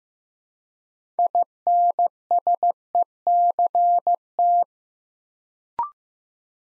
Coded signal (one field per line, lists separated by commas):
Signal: Morse code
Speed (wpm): 15 wpm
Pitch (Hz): 700 Hz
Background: none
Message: INSECT